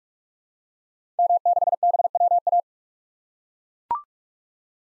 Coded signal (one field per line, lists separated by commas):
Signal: Morse code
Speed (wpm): 42 wpm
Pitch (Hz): 700 Hz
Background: none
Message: M6BWA